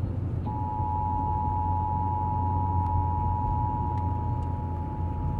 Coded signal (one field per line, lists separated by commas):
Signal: Emergency Alert System (SAME) tones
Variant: 853 and 960 Hz attention tone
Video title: Flash Flood Warning (EAS#605) | 9/26/2022